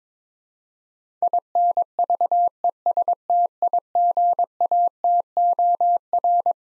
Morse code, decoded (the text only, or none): INVESTIGATOR